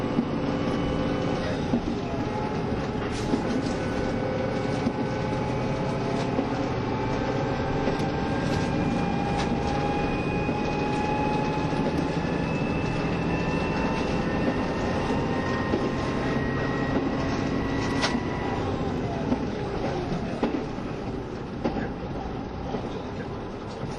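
Steady interior running noise of a diesel train, a dense low rumble with whining engine tones rising and falling and occasional faint clacks.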